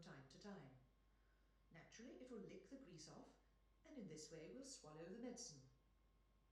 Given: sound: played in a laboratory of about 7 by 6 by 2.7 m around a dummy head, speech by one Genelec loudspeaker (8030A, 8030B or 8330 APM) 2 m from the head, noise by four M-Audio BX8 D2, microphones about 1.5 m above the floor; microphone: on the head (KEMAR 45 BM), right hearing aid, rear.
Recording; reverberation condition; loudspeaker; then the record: female speech in English; medium; in front (0 degrees)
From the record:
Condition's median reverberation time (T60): about 510 ms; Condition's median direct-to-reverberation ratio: about -0.5 dB